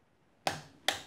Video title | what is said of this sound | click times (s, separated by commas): T2W How To – MachineArtMoto X-Head_LC Cylinder Guards on BMW R1200GSA | we go hear the click so | 0.5 s, 0.9 s